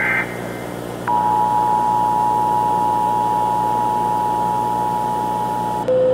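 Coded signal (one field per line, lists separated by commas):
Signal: Emergency Alert System (SAME) tones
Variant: 853 and 960 Hz attention tone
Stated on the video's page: Fictional EAS test made for an upcoming game, with sound produced for it.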